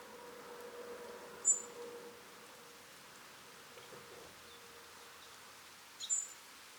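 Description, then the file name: European robin calls: two short, high, thin notes about four and a half seconds apart over a faint steady hum. "Erithacus rubecula"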